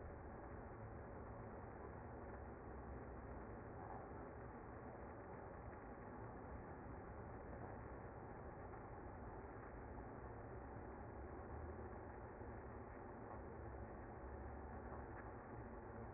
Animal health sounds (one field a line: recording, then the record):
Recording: honeybee colony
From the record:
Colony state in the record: active